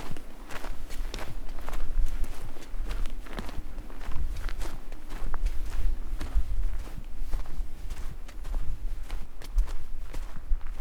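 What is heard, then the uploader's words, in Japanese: Natural sounds along a walking path, with footsteps crunching at a fairly regular pace throughout. Each step lands as a short, bright scuff, around two per second, over a steady low rumble that persists beneath them. お散歩道の自然の音。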